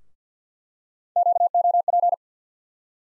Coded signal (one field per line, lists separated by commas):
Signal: Morse code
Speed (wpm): 50 wpm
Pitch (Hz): 700 Hz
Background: none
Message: QOP